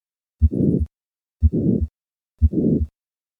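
Three regular heartbeats at about 60 a minute, heard through a stethoscope over an adult heart. A loud, harsh murmur fills most of systole between the first and second heart sounds. It is the murmur of hypertrophic cardiomyopathy heard with the patient standing, which makes the outflow obstruction and the murmur louder.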